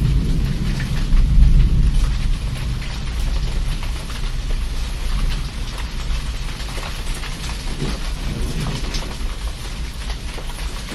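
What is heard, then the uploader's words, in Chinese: Steady dripping rain patters densely on a surface, with a deep low rumble swelling early around the second second, then settling into even, continuous drops. 滴答雨声。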